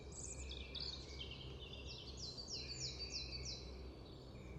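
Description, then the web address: Eurasian blue tit calls: several short, high, downward-slurred chirps in quick succession over a low rumbling background. "cianscape. Deverinetal"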